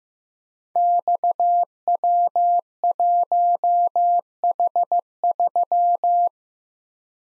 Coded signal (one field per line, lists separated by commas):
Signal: Morse code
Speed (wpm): 15 wpm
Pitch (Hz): 700 Hz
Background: none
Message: XW1H3